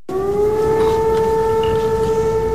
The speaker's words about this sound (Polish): O 17 odezwały się syreny. Piesi przystanęli na chodnikach, zatrzymały się też samochody.